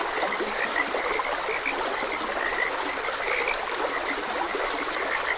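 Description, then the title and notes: Overlapping frog croaks repeat continuously in a busy chorus above the constant hiss of a trickling stream. Frogs croaking beside a gentle stream. "Gentle Stream and Frogs Croaking - Calming Sounds of Nature. Sleep and Relaxation Podcast"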